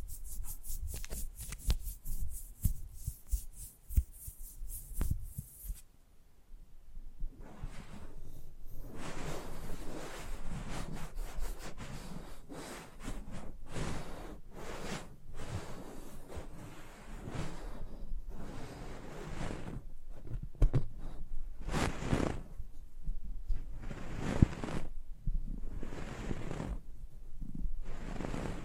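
ASMR close-up mic treatment, opening with about six seconds of rapid, bright scratching strokes in quick succession. After a short pause it turns to a steady, dense rustling and brushing against the mic, with a low rumble underneath and frequent sharper swishes breaking through.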